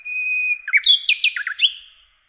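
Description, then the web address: Common nightingale song: one long steady whistle leading into a quick jumble of loud chirping and sweeping notes. "Przyroda Ptaki Slowik rdzawy"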